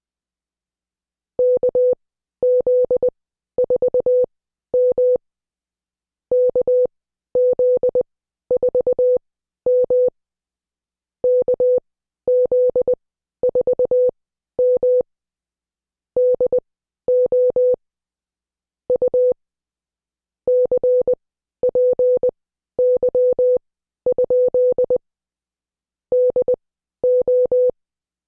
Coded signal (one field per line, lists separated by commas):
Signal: Morse code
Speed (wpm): 20 wpm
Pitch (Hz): 500 Hz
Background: none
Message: KZ4M KZ4M KZ4M DO U CPY? DO